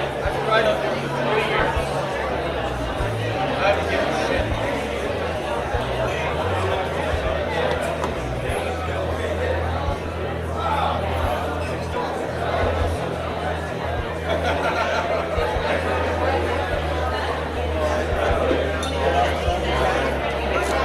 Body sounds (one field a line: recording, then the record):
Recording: background sound without coughing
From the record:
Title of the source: CITY SOUNDS Busy Bar in the Evening Night - 2 HOURS of Ambiance for Relaxation